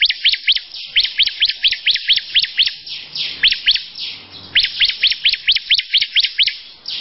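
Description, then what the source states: Lovebird song of rapid, high chirps in fast runs, a short pause near the middle, then another quick run of repeated notes. Long "ngekek" song style.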